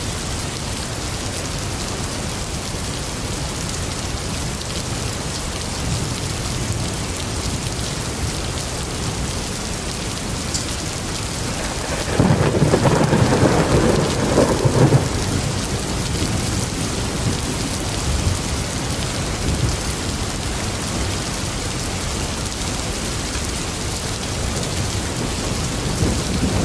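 Steady, dense rain hisses across the whole clip, a close, even wash of drops. Around twelve to fifteen seconds a louder, deeper rumble swells in, likely thunder or a heavier gust, then fades back to the constant downpour.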